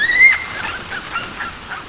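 Bird giving a clear, slightly rising whistle, followed by softer, fainter notes against steady background hiss.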